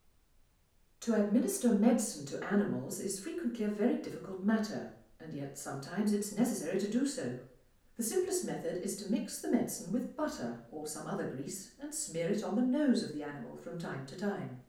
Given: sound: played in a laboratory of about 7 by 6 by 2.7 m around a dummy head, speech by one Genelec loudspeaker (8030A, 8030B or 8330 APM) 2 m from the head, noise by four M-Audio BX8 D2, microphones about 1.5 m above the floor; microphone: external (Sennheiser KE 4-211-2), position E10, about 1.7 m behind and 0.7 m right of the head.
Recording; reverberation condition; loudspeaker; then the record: female speech in English; medium; 90 degrees to the left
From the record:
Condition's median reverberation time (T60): about 510 ms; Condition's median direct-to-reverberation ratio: about -0.5 dB